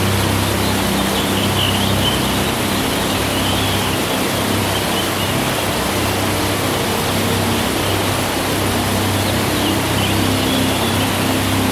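A dense noise wall drone built from nature field recordings, holding at a steady level for the whole time. A thick hiss fills every register, with a low hum pulsing in long swells beneath and faint brighter shimmers drifting through the upper range.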